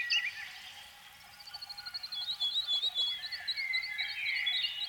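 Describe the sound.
Canary giving a fast string of repeated high notes and some warbled phrases, rather quiet, over a faint low hiss.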